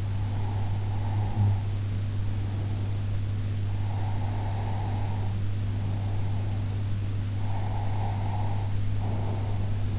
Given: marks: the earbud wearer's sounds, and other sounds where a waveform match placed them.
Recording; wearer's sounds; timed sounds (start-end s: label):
sounds in sleep by an in-ear microphone; breath
0.00-2.85 s: breath
3.71-6.74 s: breath
7.34-9.99 s: breath